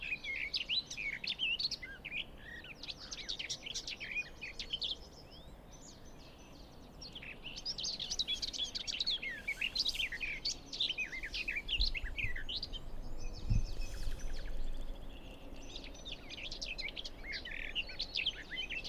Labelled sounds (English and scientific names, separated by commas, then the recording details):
Garden Warbler (Sylvia borin) song
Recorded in the wild
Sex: male
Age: adult
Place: Hobrechtsfelder Rieselfelder, Naturpark Barnim, Berlin, DE
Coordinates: 52.6683, 13.4678
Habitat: hedge
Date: 2008-05-03
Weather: fair, ca. 15°C, weak south-westerly winds
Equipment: Sound Devices 702, Sennheiser MKH 70, Windkorb
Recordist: Frommolt, Karl-Heinz
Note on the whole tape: Heckenreihe im Westen des großen Reinigungsteiches: Gesang einer Gartengasmücke in der Spitze eines Ahornbaumes. Tier gesehen. Entfernung 22 m